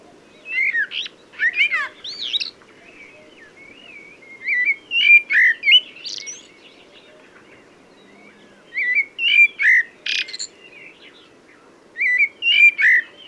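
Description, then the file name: Common blackbird song: clusters of whistled, warbling notes with thin, high-pitched squeaks, coming in groups every few seconds over a faint hiss. "Turdus merula"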